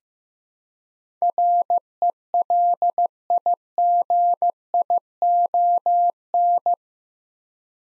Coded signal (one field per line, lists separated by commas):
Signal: Morse code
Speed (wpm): 15 wpm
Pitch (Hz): 700 Hz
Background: none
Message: RELIGION